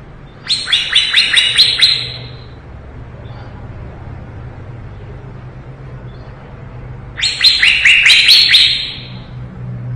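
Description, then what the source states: Leafbird song: a fast series of bright chirps near the start, then about five seconds of quiet, then another lively burst of falling notes. Lively singing (gacor), 2017.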